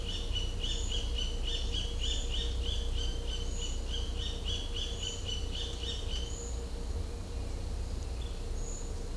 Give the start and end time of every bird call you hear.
[0.00, 6.05] bird call

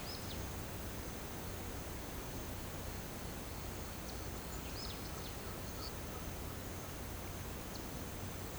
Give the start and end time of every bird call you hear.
[4.74, 5.93] bird call

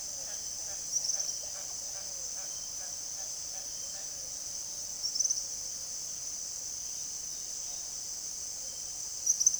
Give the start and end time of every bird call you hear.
[0.17, 4.14] bird call
[4.95, 5.44] bird call
[9.18, 9.59] bird call

